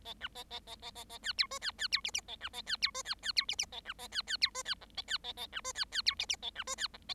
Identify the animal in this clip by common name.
Bengalese Finch